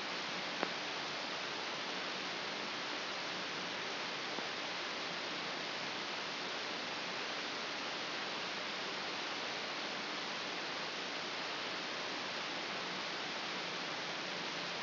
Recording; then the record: brain microelectrode recording played as sound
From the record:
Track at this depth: inside the subthalamic nucleus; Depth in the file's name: 4.121 mm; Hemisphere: left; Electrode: 2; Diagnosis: Parkinson's disease